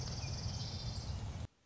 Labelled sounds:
Orange-crowned Warbler
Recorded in Sonoma County, California

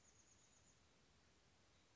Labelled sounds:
Chestnut-backed Chickadee
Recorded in Sonoma County, California

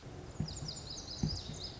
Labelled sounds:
Lazuli Bunting
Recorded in Sonoma County, California

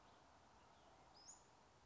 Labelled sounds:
Western Flycatcher
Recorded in Sonoma County, California

